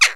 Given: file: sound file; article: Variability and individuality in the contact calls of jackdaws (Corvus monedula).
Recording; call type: jackdaw call; harmonic